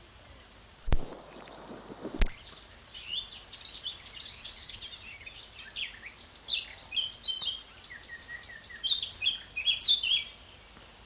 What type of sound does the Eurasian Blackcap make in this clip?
song